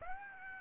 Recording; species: mosquito wingbeat signal from an infrared sensor; Aedes aegypti